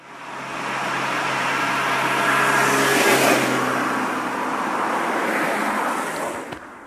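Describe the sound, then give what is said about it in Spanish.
A luxury car drives up to a random Guardia Civil road check, its low steady engine hum joined by a broad rushing whoosh that swells to a peak partway through and then holds before easing off. No voices. “Por ahí viene la típica niña de papá con su coche de lujo.”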